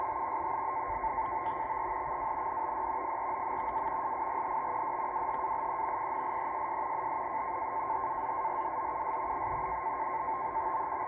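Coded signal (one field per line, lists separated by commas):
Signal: NAVTEX (SITOR-B)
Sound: continuous fast warbling chatter near 1 kHz buried in steady radio hiss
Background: radio static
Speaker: apparently this at 0 45 is supposed to be Boston this is what I'm receiving here is from Boston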